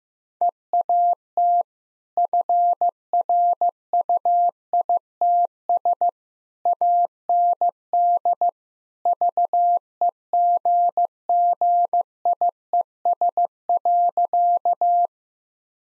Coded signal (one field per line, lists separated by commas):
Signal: Morse code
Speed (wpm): 16 wpm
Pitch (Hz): 700 Hz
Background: none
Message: EAT FRUITS AND VEGGIES.